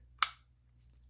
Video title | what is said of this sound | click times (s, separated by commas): TEGE Holster for M&P Shield level II retention! | so listen for the audible click | 0.2 s